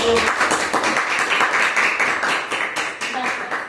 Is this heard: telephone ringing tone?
no